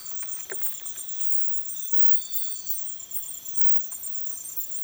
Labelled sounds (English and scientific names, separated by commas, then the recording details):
none
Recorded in dense forest near Puerto Asís, Putumayo, Colombia, on 19 February 2024 at 05:30
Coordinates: 0.505, -76.324
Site G6467